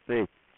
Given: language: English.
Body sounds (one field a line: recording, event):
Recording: throat vibration sensor signal played as sound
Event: speech